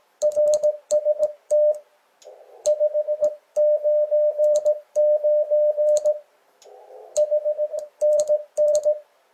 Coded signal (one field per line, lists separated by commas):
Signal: Morse code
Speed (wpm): 17 wpm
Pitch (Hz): 600 Hz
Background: none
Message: RST 599 HNN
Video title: Install Dipole Doublet G5RV Antenna ~ Best Small Backyard Antennas ~ Ham Radio